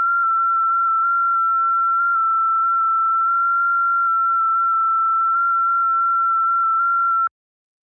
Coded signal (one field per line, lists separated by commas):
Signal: FT8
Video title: Decent Conditions Across Both Ponds On 20m FT8...